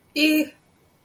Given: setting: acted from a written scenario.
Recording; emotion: vocal sound without words; fear